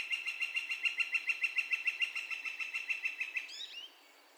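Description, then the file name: Northern flicker: a rapid, regular run of kek notes for three and a half seconds, followed by a few quick rising chirps. Calls; recorded 2 May 2020. "2020-05-02 Northern Flicker- Calls"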